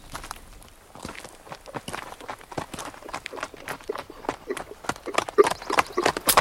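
A horse's hooves clip-clop in a steady, fairly quick rhythm, sharp percussive knocks growing louder and denser over the seconds, with no voices heard.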